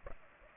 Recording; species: mosquito wingbeat signal from an infrared sensor; Aedes aegypti